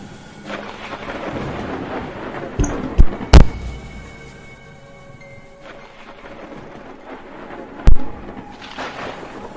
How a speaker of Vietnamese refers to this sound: Cả bốn đứa bảo nhau sáp lại gần, nằm xuống, nhắm mắt, nghe tiếng mưa gió sấm sét ở ngoài kia vẫn đang đì đùng vang lên.